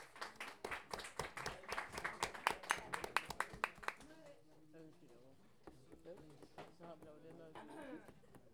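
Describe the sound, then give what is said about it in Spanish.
Audience applause at a live comedy show as a stand-up comedian is introduced, a dense burst of many hands clapping for about four seconds, loud and crackling, then fading as a voice begins speaking over the last few scattered claps. “Un aplauso, por favor.”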